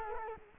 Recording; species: mosquito wingbeat signal from an infrared sensor; Culex quinquefasciatus